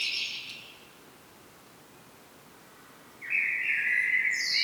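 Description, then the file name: Common blackbird: the tail of one warbled phrase, a quiet gap, then a new mellow fluty phrase starting. "Turdus merula"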